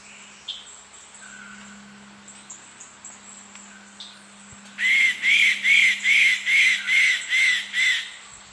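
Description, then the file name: Yellow-throated woodpecker giving a loud series of about eight clear, slightly rising-and-falling notes, spaced evenly about half a second apart, after several seconds of faint background calls. "canto do pica pau bufador"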